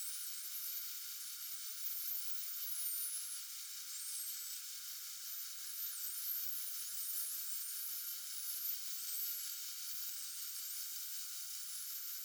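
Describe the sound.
Common dolphin whistles: many thin, high looping and sweeping whistles, rising and falling and often overlapping, over a constant steady hiss.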